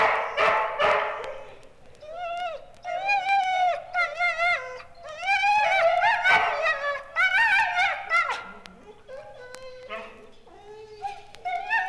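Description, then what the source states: Several dogs yelp, whine and bark together in a busy chorus of high, wavering, harmonic cries that rise and fall throughout. Dogs in a dog pound.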